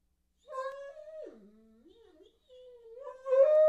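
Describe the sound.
Dog whining: a drawn-out tonal whimper that starts high, sags to a lower moan midway, then climbs back to a louder, higher whine at the end.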